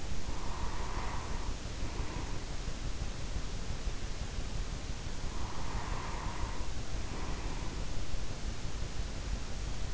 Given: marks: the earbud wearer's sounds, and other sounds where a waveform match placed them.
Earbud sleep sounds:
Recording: sounds in sleep by an in-ear microphone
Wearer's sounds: breath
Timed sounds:
0.00-2.78 s: breath
5.04-8.08 s: breath

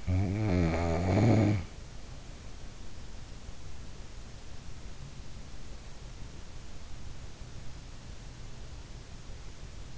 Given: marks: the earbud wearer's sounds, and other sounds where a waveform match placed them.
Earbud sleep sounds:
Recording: sounds in sleep by an in-ear microphone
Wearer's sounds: snoring breath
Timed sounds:
0.00-1.77 s: snoring breath

